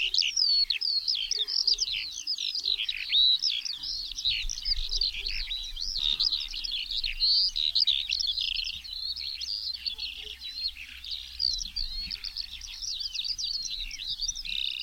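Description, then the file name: Eurasian skylark pouring out a long, dense, unbroken warble of high chirps, trills and whistles, steady in loudness throughout, with a faint low rumble beneath. "SKOWRONEK"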